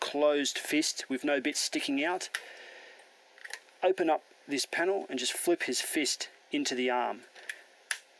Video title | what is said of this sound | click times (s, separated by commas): Fanstoys FT-03 Quakewave Review ( AKA Masterpiece Shockwave ) | click that back in you'll hear a click that click is important uh holds the little panel in place | 7.9 s